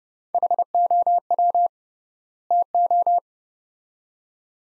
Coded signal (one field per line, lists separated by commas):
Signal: Morse code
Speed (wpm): 31 wpm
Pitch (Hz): 700 Hz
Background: none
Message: HOW TO